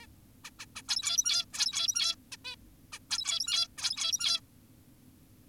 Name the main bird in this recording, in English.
Zebra Finch